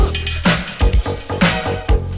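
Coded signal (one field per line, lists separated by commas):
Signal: none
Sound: beeps in funk music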